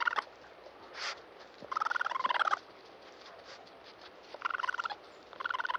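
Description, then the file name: Raccoon trilling calls: several short, rapid pulsed chattering bursts separated by quiet gaps, over background hiss. "dan-gibsons-solitudes raccoon"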